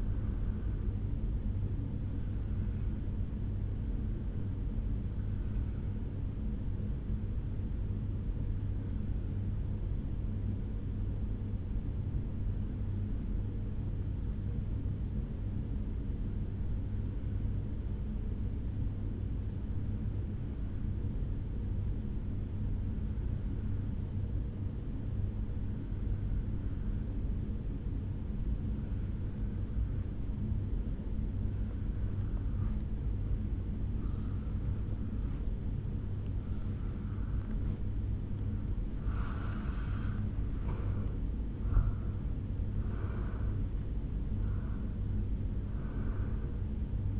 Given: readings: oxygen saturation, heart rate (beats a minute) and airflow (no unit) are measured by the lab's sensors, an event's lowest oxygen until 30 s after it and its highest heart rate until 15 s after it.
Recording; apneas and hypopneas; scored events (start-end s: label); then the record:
breathing in sleep by a smartphone at the bedside; 1
12.00-40.90 s: obstructive apnea (N1, oxygen 96% highest, then 85% lowest, heart rate 52 at the start, 70 highest)
25.00-47.20 s: new sleep stage, N2 (light sleep)
From the record:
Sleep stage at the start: N1 (lightest sleep); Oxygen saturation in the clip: 85 to 96%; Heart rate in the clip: 52 to 71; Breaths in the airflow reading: 3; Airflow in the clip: -8.4 to 4.6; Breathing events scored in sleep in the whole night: 449 in 7.0 hours asleep